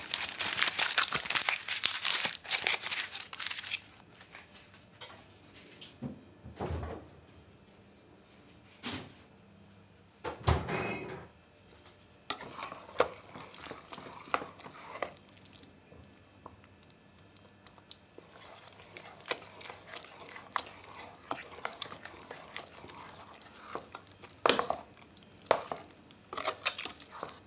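Making apple compote in a small kitchen: bursts of peeling and crinkling, sharp knocks and chopping thuds around 7 and 11 seconds, then scattered clatter.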